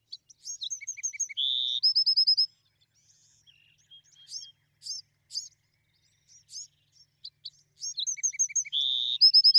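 Bewick's wren singing two similar phrases, each with high notes, a buzz and a rapid trill, separated by varied sharp chips.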